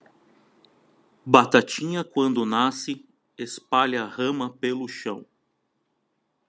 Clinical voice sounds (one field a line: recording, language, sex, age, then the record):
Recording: short text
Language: Brazilian Portuguese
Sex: male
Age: 30 to 39 years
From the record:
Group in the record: control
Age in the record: 31 years